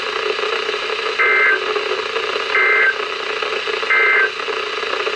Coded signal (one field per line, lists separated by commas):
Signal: Emergency Alert System (SAME) tones